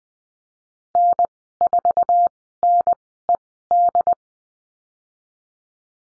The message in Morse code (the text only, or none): N4NED